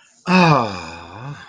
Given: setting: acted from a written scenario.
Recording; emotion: vocal sound without words; romantic love